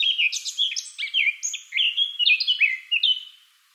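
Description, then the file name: Eurasian blackcap song: a rapid, jumbled phrase of high warbled notes, many slurring downward, fading at the end. "Sylvia atricapilla"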